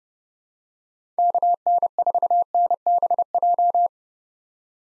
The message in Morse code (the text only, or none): KN4NBJ